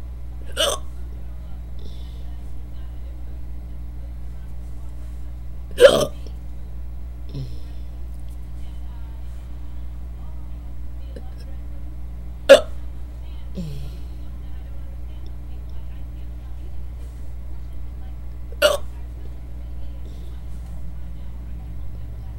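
Four sharp, brief hiccups at irregular intervals over a steady low background hum; induced hiccups in an adult.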